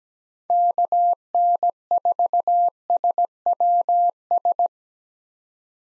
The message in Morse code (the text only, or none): KN4SWS